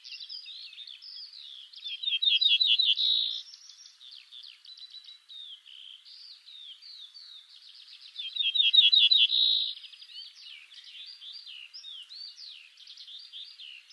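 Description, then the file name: Ortolan bunting giving two song phrases about six seconds apart, each a run of quick repeated notes, with quieter sounds in between. "Bruant ortolan"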